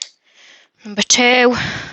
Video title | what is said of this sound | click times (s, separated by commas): Falls Recovery - Using an Elk Lifting Cushion | you'll hear a little click so you know that it's in place | 0.0 s